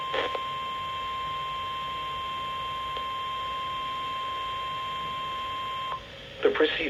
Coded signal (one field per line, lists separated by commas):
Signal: Emergency Alert System (SAME) tones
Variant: 1050 Hz attention tone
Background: speech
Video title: (First video of 2020) EAS Catch #7: Required Weekly Test (1/1/20)